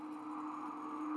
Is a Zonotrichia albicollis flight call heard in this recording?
no